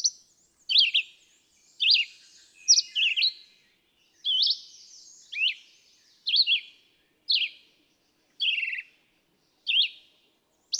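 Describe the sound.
Red-eyed vireo singing short, varied, slurred phrases in a steady run, roughly one phrase per second, each note high and whistled.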